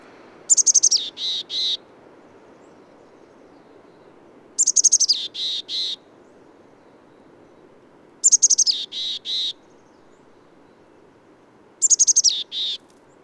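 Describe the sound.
Bird singing four matching phrases, about one every three and a half seconds, each a rapid descending burst of high notes and then two or three longer whistles.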